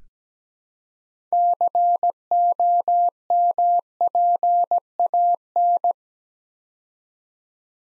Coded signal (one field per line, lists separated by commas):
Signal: Morse code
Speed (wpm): 17 wpm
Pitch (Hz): 700 Hz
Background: none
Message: COMPAN